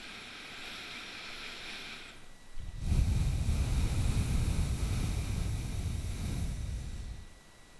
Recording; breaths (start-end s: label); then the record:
nose breathing near a microphone
0.00-2.61 s: inhalation
2.61-7.80 s: exhalation
From the record:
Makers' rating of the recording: bad